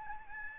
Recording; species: mosquito wingbeat signal from an infrared sensor; Aedes albopictus